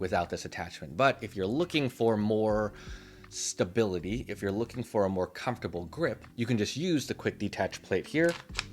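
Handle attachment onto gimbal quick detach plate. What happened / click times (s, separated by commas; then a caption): Grip attachment handled, not yet locked onto the mounting plate / none. Someone talks while handling a two-hand grip attachment near the quick detach plate of a Zhiyun Weebill 3S gimbal. The attachment has not yet locked onto the plate, and nothing has seated or clicked yet.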